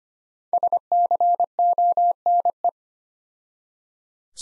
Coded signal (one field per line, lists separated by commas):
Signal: Morse code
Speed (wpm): 25 wpm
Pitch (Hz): 700 Hz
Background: none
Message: SCONE